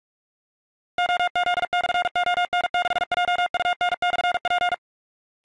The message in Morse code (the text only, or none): OZ/ON6JUN/P